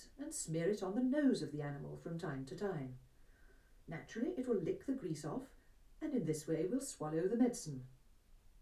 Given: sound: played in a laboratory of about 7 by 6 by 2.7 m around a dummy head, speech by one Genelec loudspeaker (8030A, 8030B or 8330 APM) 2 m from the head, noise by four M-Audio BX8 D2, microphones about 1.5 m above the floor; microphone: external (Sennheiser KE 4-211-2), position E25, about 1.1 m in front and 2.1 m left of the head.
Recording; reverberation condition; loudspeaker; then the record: female speech in English; low; 150 degrees to the right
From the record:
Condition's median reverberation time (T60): about 310 ms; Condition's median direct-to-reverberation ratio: about 3.5 dB